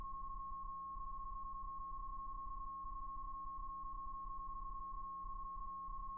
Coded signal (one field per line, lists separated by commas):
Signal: PSK31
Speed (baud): 31.25 baud